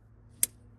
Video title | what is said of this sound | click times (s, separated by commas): How to Test Spark Plug Wires (3 Ways) | The spring-loaded clip should make an audible click when pushing it over the contact, like so. | 0.4 s